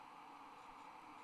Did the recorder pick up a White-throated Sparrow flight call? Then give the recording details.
no. No flight call is heard. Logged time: 03:43 on 30 November 2014